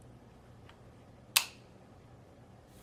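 On an FT-12 paintball marker, the barrel collar is turned down until its locking pin snaps into place with one sharp, bright click at 1.4 s. The pin pops back out, showing the barrel collar is locked down. A much fainter tick comes at 0.7 s over a quiet, steady background.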